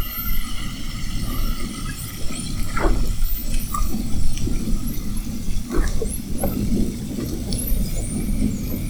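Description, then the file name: Spinner dolphin whistles: thin, high rising and falling sweeps, some short upward glides, scattered throughout over a constant low underwater rumble. Whistles, recorded at Fernando de Noronha. "Sons rotadores FN assovios"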